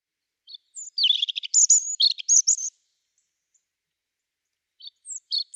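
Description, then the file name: European robin giving one quick jumbled phrase of high whistles and twitters, then silence and a few scattered thin notes at the end. "Erithacus rubecula"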